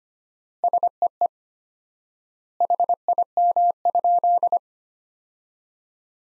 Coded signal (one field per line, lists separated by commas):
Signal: Morse code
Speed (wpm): 25 wpm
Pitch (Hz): 700 Hz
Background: none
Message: SEE HIM?